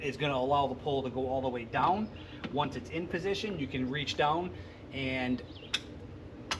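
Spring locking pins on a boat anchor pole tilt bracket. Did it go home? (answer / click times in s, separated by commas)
yes / 5.7 s, 6.5 s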